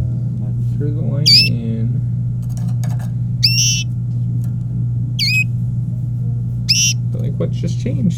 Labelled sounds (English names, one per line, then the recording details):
Domestic Canary song
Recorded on 26 April 2018 at 13:29
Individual llb3